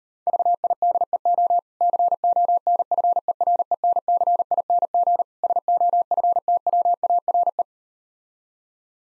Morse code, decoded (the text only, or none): VIDEO CONFERENCING SOFTWARE